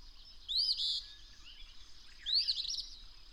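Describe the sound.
Bird song of two upward-sweeping whistled phrases, each followed by a quick fluttering trill, over a constant high thin whine.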